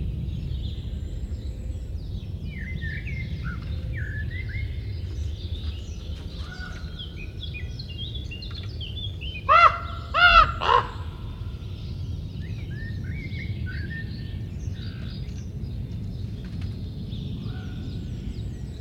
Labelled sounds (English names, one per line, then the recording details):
Common Raven call
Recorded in captivity
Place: Serrahn, Mecklenburg-Vorpommern, DE
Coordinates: 53.344, 13.204
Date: 1978-08-04 06:45
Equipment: Nagra III BH, Sennheiser MD 21, parabola
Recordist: Schubert, Michael